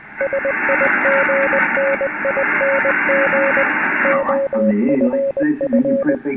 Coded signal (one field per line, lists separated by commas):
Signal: Morse code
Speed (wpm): 20 wpm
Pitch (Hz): 550 Hz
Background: speech, radio noise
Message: SIGNING OFF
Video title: Scanning the Ham Bands (HF) 10/12/2024 #hamradio